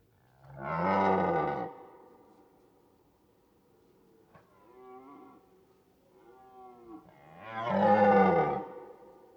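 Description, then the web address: Red deer roar: a loud guttural bellow, then softer moaning sounds, ending with another loud rasping bellow. Red deer roaring in autumn, recorded in a European mountain forest. "Ivo Vicic - European mountain forest animals and soundscapes. Red deer autumn Roaring"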